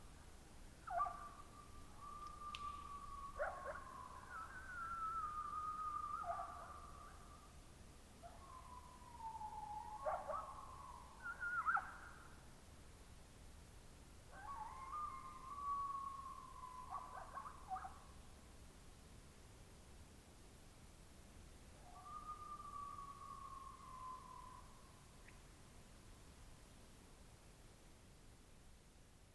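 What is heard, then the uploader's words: At dawn in open country, long, wavering high calls from elk or coyotes rise and hold in about five bouts, some overlapping, with brief harsh bursts at their starts. A soft low rumble and hiss fill the gaps. Dawn near the Coffin Game Reserve in the Colockum Wildlife Area in central Washington. A herd of elk bedded down for the evening across the meadow from my tent. They were answered by a nearby coyote pack that was getting ready to take itself to bed. The recording itself was pretty darn far away. There is a very light amount of noise reduction. Elk And Coyotes.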